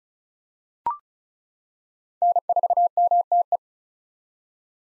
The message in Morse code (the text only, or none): N4MTE